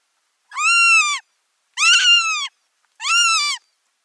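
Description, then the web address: Northern goshawk nestling calling: three drawn-out wailing notes in steady succession, the middle one rougher, each rising a little then dropping off. "Schulze Peter Goshawk nestlings"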